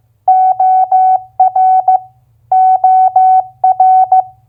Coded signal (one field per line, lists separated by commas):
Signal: Morse code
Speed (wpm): 15 wpm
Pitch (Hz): 750 Hz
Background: none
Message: OR OR